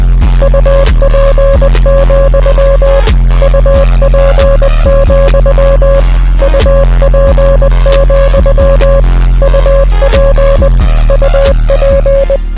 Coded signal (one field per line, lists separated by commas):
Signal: Morse code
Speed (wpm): 20 wpm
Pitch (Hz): 550 Hz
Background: music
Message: UP, UP, UP, UP UP